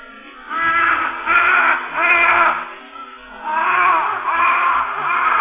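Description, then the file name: Large-billed crow producing loud, harsh, throaty caws in repeated bursts, several long grating calls separated by short pauses. Recorded 10 July 2005. "Corvus macrorhynchos 2005-07-10"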